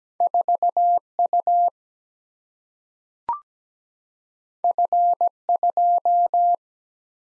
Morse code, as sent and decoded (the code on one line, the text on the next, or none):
....- / ..- / ..-. / ..---
4 U F 2